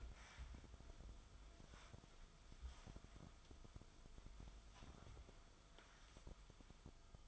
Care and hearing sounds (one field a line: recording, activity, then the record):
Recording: daily activity, microphone in the room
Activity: wipe stove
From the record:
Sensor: 5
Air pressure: 1004.9 hPa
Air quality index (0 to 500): 104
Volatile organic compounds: 2 ppm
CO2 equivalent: 1267 ppm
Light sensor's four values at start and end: 31/70/29/30 and 33/74/31/31